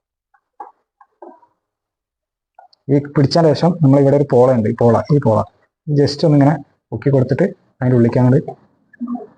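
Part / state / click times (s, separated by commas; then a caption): thread or bobbin part into sewing machine flap holder / not seated / none. A thread or bobbin part is handled at a small flap on a Singer Simple 3223 sewing machine, lifted and pushed inside while threading. A few faint clicks and handling sounds come in the first three seconds, then someone talks for most of the rest. The part has not locked into place yet, and nothing has seated or clicked.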